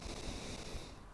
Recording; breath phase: one breath near a microphone; exhalation